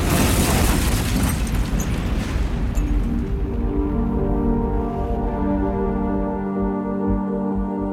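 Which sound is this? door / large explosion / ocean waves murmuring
large explosion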